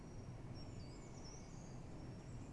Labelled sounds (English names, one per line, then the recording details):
Eurasian Blue Tit
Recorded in Germany
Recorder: ecoPi